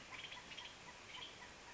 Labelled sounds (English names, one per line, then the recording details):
Western Tanager
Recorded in Sonoma County, California